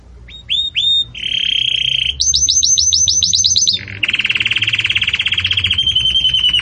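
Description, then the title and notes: Canary song: a few clear whistles, then a steady buzzy trill, a faster high rolling phrase, and a long rapid pulsing trill to the end. Belgian canary song, described as a bell-like song used for teaching young chicks. "Canto Do Canário Belga Campainha Para Encarte De Filhotes. CANARIO"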